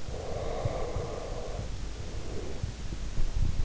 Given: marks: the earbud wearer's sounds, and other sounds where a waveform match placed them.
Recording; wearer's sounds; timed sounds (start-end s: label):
sounds in sleep by an in-ear microphone; snoring breath
0.10-3.09 s: snoring breath